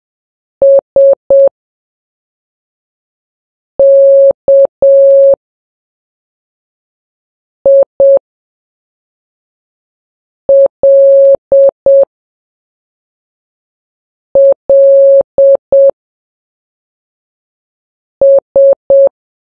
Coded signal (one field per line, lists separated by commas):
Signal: Morse code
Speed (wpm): 7 wpm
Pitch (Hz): 550 Hz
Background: none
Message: SKILLS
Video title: Morse Code Practice #4 (3 WPM)